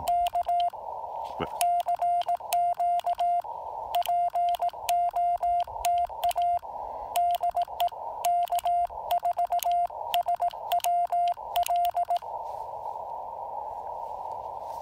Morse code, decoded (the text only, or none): K CQ POTA DE K4SWL